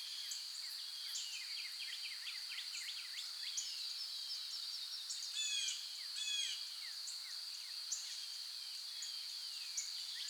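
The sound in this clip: Bird twitter of fast, irregular chirps and short trills over an unbroken high-pitched insect buzz.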